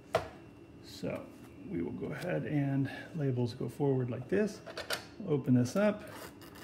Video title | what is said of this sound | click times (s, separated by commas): HoneyWell PC42E-T Printer Setup | on this little white mechanism here till it clicks. And that allows you to move these back and forth. | 0.1 s